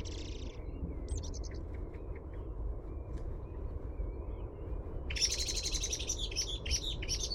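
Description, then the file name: Common blackbird calls: a few short, high, buzzy bursts early on, then a dense, harsh, high-pitched chattering run from about five seconds, over a steady low rumble. "Turdus merula"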